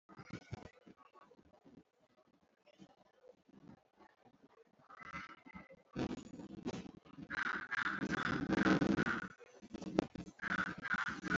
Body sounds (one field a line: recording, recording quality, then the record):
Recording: shallow breathing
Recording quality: excellent, no background noise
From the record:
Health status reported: healthy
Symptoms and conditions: none ticked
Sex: male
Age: 27 years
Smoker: not ticked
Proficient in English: yes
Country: India